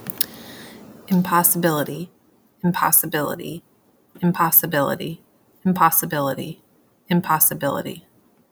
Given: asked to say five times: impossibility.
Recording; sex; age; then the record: repeated word; female; 30 to 39 years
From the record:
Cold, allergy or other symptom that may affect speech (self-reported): no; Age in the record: 34 years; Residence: Pennsylvania, United States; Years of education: 18